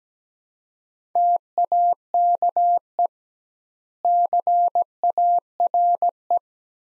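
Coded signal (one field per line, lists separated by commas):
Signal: Morse code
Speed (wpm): 17 wpm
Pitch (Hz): 700 Hz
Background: none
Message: TAKE CARE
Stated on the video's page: Morse practice at 17 wpm, sets of three words with double word spacing, a Farnsworth-like method for head-copying phrases.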